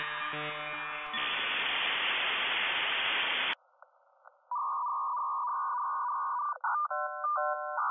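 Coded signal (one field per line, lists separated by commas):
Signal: dial-up modem handshake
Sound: buzzy multi-tone chord, loud broadband hiss, silence, then warbling tones near 1 kHz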